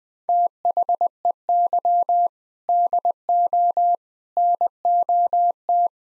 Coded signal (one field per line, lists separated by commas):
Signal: Morse code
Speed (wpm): 20 wpm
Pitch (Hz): 700 Hz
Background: none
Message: THEY DO NOT